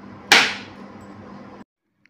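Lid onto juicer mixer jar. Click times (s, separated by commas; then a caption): 0.3 s. A plastic lid is placed front to back onto a juicer mixer jar and pushed down, latching closed with a single sharp snap at 0.3 s, which marks the lid as correctly fitted. The snap rings briefly over a steady low background hum that cuts off near 1.6 s, followed by a tiny tick at 2.1 s.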